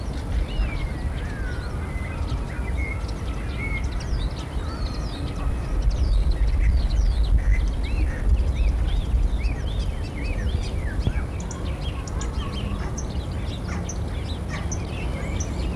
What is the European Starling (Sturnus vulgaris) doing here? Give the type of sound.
song